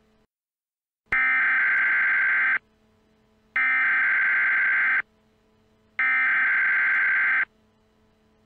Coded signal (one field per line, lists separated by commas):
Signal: Emergency Alert System (SAME) tones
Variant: header bursts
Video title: EAS Scenario - Black Hole